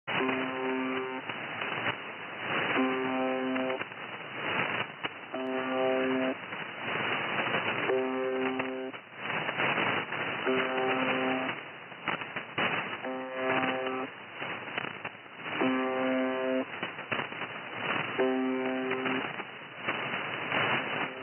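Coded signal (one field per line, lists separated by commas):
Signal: channel marker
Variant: UVB-76 (The Buzzer)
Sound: harsh low buzz about one second long, repeating every 2.5 seconds, 8 times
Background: shortwave radio static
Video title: The Buzzer 4625khz 06/07/2019 01:23 UTC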